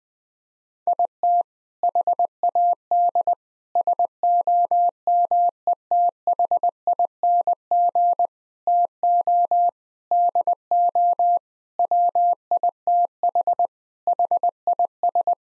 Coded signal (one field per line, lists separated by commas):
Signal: Morse code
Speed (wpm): 20 wpm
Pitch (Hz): 700 Hz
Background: none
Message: IT HAD SOMETHING TO DO WITH HIS